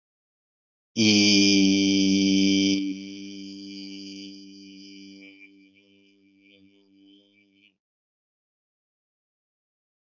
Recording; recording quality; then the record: sustained vowel as in beet; excellent, no background noise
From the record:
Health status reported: healthy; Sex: male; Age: 56 years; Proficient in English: yes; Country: India